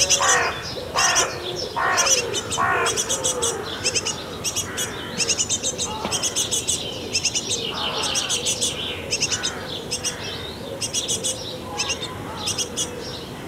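Busy morning birdsong around a nest box, with chicks crying for food in rapid bursts of high, thin chirps repeating every second or so. Lower calls and cooing weave underneath, and a steady murmur of other birds fills the background throughout.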